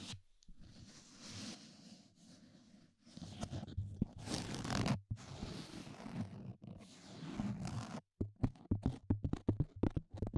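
Ear massage: continuous rubbing and scratching swells and fades in long strokes, then breaks into quick rhythmic scraping taps near the end.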